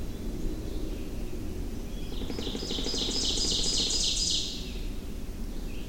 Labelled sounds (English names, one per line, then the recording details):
Ovenbird song
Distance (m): 25 m
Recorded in boreal forest in Alberta, Canada, on 25 June 2016 at 07:16
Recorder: SongMeter 3, array SBT-6-76
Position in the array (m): 15 m, 116 m
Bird 2